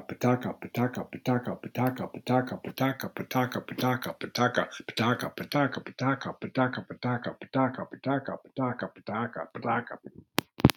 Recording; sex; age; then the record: repeated syllables /pa ta ka/; male; 60 to 69 years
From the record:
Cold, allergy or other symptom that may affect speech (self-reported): no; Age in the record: 64 years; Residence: Florida, United States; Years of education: 13